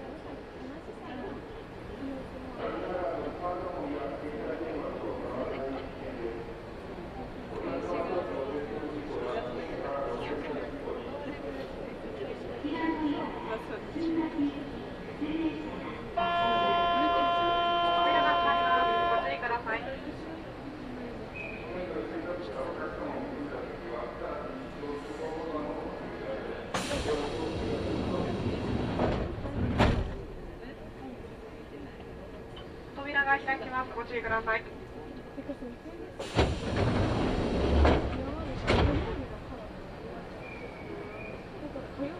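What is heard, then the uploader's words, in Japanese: A local train on the Kintetsu Nagoya Line, with people talking steadily over a low rumble. A sustained electronic tone sounds from about 16 to 20 seconds, and two loud rushing hisses burst in around 27 and 37 seconds. 近鉄名古屋線 普通 近鉄名古屋→蟹江。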